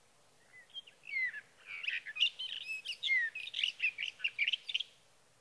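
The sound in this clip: Sage Thrasher singing a continuous, rapid jumble of warbled phrases, mixing sweet slurred whistles with scratchy chirps, for several seconds.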